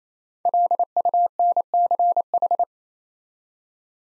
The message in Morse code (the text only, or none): LUNCH